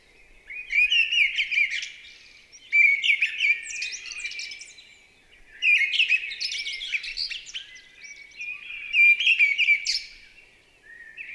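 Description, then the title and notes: Mistle thrush singing four vigorous phrases of whistled and scratchy notes, each starting loud and tailing off. Recorded 28 March 2020 at Val Maravel in stereo with a Nagra LB and MKH40 microphone, with no aircraft noise at the time; bird singing with great vocal fervour. "UNE DRAINE ENCHANTEE. 28 mars 2020-Val Maravel. Voici la belle Grive draine (Turdus viscivorus) dans toute sa ferveur vocale"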